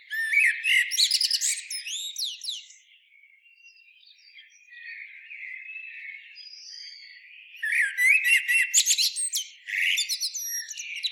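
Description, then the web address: Common blackbird singing two loud phrases of mellow whistles and shrill, rapid twitters, with quieter warbling between them. "SETE data Turdus merula"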